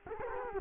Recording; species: mosquito wingbeat signal from an infrared sensor; Culex quinquefasciatus